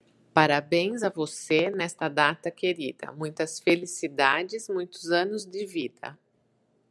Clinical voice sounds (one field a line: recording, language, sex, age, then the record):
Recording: short text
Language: Brazilian Portuguese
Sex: female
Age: 40 to 49 years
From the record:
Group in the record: control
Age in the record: 48 years